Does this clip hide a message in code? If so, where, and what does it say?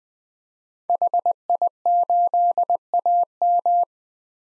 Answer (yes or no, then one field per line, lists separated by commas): yes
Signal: Morse code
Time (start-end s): 0.9-3.8 s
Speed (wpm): 20 wpm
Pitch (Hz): 700 Hz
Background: none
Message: HI8AM